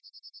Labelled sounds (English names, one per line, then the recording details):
Yellowhammer song
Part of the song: start
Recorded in the Czech Republic on 8 June 2013
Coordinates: 50.601, 14.133
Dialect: BC
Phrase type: G15
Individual 305720